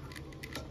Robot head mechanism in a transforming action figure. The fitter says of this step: you go so yeah just do that last bit again because it's cool clicks into place